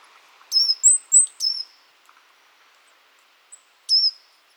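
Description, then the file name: Eurasian blue tit giving thin, very high notes that slide down, in a quick cluster of four, then a lone note after a pause. "Cyanistes caeruleus"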